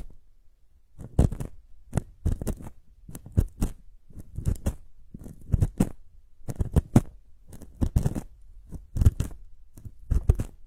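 Ear cleaning, with short scratchy, crackling bursts roughly every half second to second. The scraping comes in clusters with brief quiet gaps between them, over a near-silent background.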